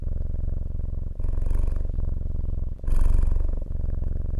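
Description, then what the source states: Cat purring, a deep steady rumbling that shifts in tone with each breath. Domestic cat purring, offered as a calming sound for relaxation and sleep.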